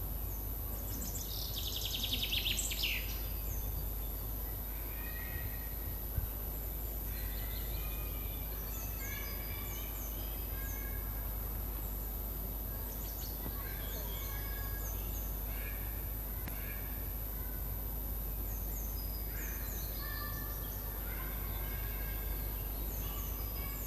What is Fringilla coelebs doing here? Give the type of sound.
song